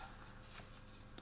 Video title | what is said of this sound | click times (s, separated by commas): Portable battery operated Tire inflator with power bank and more, great for emergencies! | and they they just snap right into place like that | 1.2 s